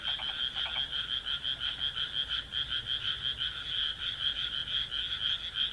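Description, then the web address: Frog chorus of rapid, pulsing croaks, with a burst of lower rattling croaks in the first second before the steady chorus carries on. "kaeru kaeru"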